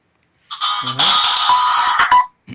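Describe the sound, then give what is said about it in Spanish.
A mobile phone rings during a live programme with a loud, bright electronic ringtone, a dense warbling tune that plays for about two seconds and cuts off abruptly, followed by a brief murmur. “Si alguien ha sonado un móvil, no pasa nada.”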